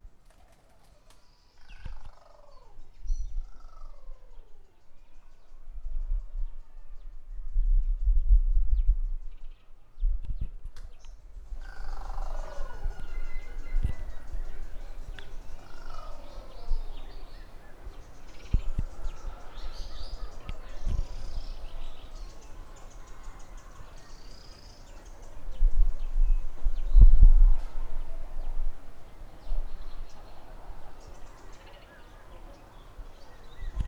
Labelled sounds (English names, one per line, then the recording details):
Mourning Collared-dove
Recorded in northern Uganda